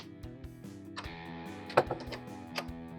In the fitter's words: those guys will just lock into place